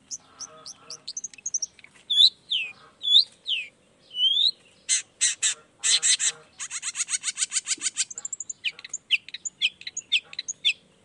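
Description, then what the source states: Long-tailed shrike song: a busy, varied medley of squeaky notes, harsh buzzy bursts and a rapid ticking series of high notes, with barely a pause between phrases. Morning singing; features 'toet toet' notes and voice variations, meant to stimulate emotion so that reluctant shrikes start singing along.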